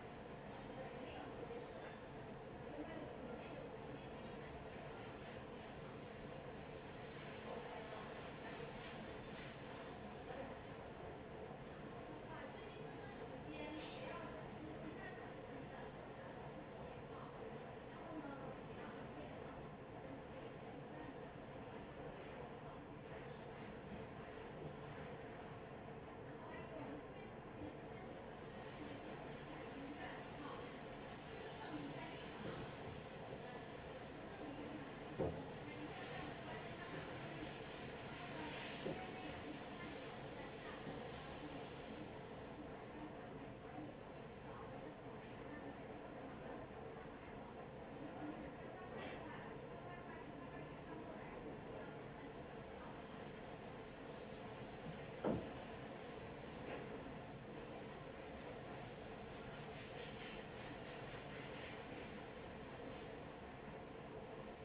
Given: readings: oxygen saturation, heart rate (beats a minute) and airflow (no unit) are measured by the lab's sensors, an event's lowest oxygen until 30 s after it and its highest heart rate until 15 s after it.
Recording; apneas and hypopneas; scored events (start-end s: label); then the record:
a person awake in a sleep study, by a smartphone at the bedside; none
0.00-64.64 s: awake
0.00-64.64 s: awake
From the record:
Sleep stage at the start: awake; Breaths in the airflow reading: 27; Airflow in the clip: -0.7 to 0.6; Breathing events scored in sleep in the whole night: 263 in 5.5 hours asleep